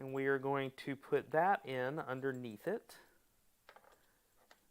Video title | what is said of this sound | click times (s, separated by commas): Creality CR-10 3D Printer in 2022: Live Build and Print | again that just pops right in | 3.7 s